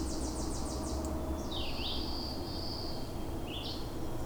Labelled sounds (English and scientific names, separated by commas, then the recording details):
Red-eyed Vireo (Vireo olivaceus) song
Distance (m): 35 m
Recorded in boreal forest in Alberta, Canada, on 26 May 2016 at 07:07
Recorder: SongMeter 3, array SBT-3-15
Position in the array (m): 111 m, 191 m